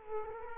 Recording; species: mosquito wingbeat signal from an infrared sensor; Culex quinquefasciatus